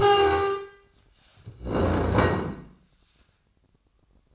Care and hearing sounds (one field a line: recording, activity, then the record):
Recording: daily activity, microphone in the room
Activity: stand up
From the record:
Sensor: 2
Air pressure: 1012.1 hPa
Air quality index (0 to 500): 160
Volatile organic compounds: 2 ppm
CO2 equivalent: 1174 ppm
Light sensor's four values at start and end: 53/135/58/68 and 67/152/72/86